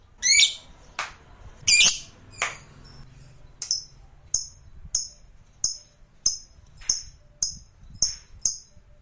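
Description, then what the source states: Lovebird calls, a few harsh squawks followed by a series of evenly spaced sharp high chirps. Lovebird sound used to stimulate other lovebirds.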